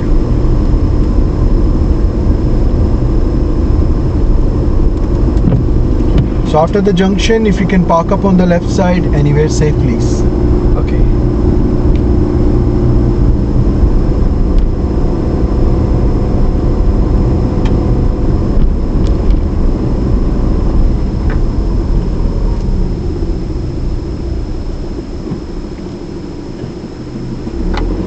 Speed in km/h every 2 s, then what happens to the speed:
24, 24, 24, 27, 29, 29, 27, 27, 27, 26, 19, 10, 0, 2.
0-18 steady at about 27. 18-24 brakes to 0. 24-26 standing.